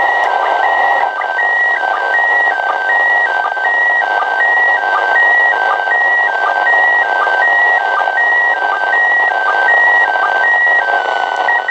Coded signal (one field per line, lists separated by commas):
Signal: SSTV (slow-scan television)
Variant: PD 180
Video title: ISS SSTV audio recieved 19/07/2015 @ 04:10 UTC